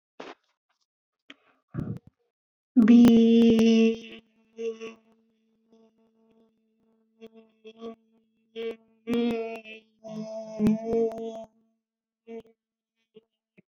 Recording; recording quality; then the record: sustained vowel as in beet; excellent, no background noise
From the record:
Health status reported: healthy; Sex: female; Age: 33 years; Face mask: not worn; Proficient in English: yes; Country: India